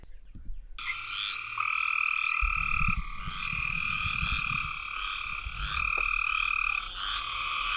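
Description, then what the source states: Cope's gray treefrogs giving fast, buzzy trills that overlap into a near-continuous chorus, with a low rumbling noise in the middle section. Faster, buzzier trill than the eastern gray treefrog's; known from just a few localities, usually with eastern gray treefrogs; possibly historically a prairie savanna species.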